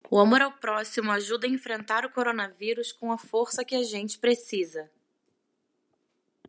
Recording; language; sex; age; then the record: spoken sentence; Brazilian Portuguese; female; 30 to 39 years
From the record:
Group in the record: control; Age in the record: 34 years